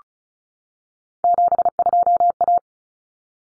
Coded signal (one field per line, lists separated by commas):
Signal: Morse code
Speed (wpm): 34 wpm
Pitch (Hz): 700 Hz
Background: none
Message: 72A